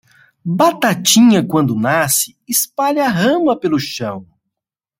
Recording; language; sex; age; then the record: short text; Brazilian Portuguese; male; 40 to 49 years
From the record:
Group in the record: control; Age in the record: 43 years